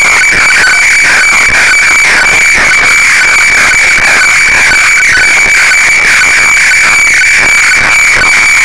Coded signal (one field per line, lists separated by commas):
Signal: weather fax (radiofax)